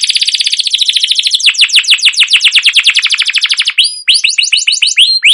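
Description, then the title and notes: Canary song: a long rolling trill of rapid, downward-sweeping notes, then varied high chirps and whistles. Used as a lure (pancingan) to train other canaries to sing; song described as chirping, rolling and long-running (cuit cuit ngerol gacor panjang). "CUIT CUIT NGEROL LANGSUNG GACOR PANJANG Kenari Ini AMPUH Utk Pancingan KENAR. burung kenari"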